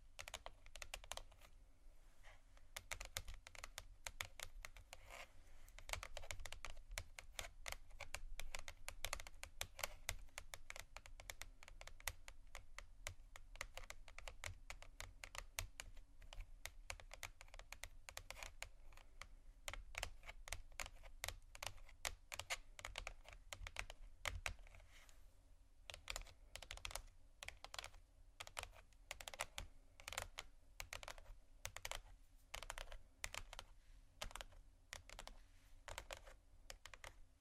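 Rapid, dense tapping runs through the whole clip, a crisp clatter of small clicks much like fast typing, with uneven rhythm and bright edges. The tapping thins briefly around the 25-second mark before resuming. A faint low hum sits steadily underneath.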